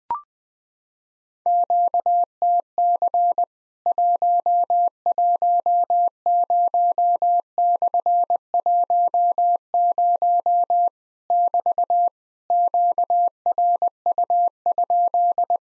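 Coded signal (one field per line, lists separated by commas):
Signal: Morse code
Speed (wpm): 20 wpm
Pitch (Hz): 700 Hz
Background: none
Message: QTC 110/10 <BT> QRU?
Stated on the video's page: Morse practice of Worked All Europe DX Contest QTC exchanges at 20 wpm, each sent, spoken, then sent again.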